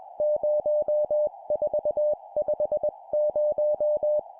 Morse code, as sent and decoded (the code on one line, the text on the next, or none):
----- ....- ..... -----
0450